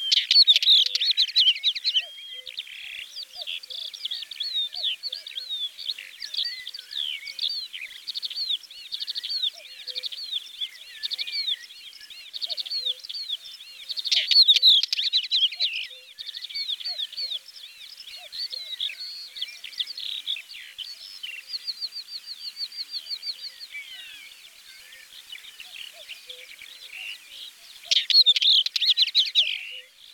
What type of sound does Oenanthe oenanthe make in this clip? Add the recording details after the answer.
song. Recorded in the wild. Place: Neuenwalde / Cuxhaven, Baden-Württemberg, DE. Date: 1985-05-22. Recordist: Schwarz, Dieter. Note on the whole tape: Song